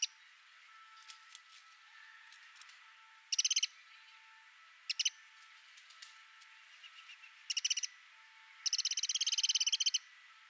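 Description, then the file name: Eurasian wren giving short ticking bursts, then a longer dry rattle of rapid clicks near the end, with faint chirps between. "Troglodytes troglodytes"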